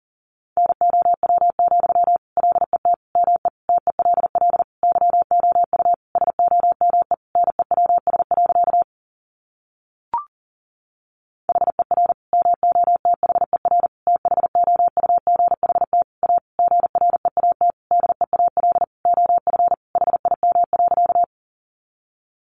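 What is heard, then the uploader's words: Morse code is sent as a single steady beeping tone, pitched fairly high, keyed into rapid dots and dashes with short gaps between letters and words. The sending runs for about nine seconds, pauses briefly around ten seconds with one short click, then resumes until the end. Sentences from Top 800 Words 40wpm. First, the words are sent in Morse code.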